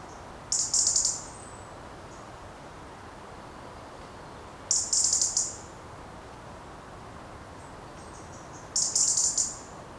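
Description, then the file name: European robin, three short high buzzy bursts of rapid ticks, spaced roughly four seconds apart, with faint hiss between them. "Erithacus rubecula"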